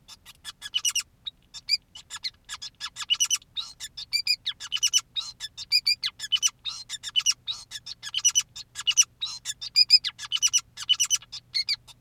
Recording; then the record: song of a male Bengalese finch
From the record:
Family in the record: son of father 2, and himself father 5